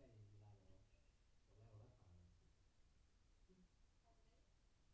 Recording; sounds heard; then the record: poultry house recording; no chicken sound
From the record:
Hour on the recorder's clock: 18